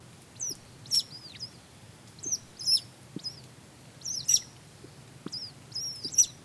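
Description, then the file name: Rail uttering high squealed notes with a looping, curling shape, spaced irregularly in small groups, a few faint low taps underneath. "kuina"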